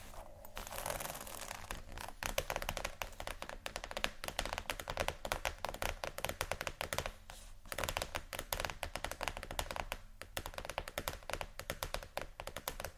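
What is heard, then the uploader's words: Dense, rapid scratching with crisp, bright taps and brief pauses near seconds 2, 7.5 and 10, over a steady low hum. ASMR 31 Scratching Triggers For Your Tingles（No Talking）.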